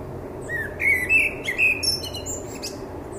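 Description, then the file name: Common blackbird with a mellow whistled song phrase of several fluty notes, ending in thin, high chattering twitters. "Turdus merula"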